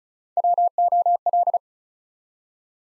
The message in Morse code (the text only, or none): WOL